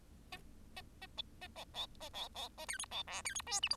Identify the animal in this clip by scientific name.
Lonchura striata domestica